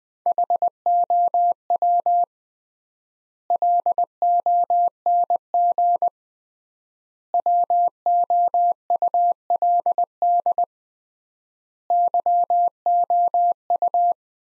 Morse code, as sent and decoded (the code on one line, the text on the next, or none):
.... --- .-- / .-.. --- -. --. / .-- --- ..- .-.. -.. / -.-- --- ..-
HOW LONG WOULD YOU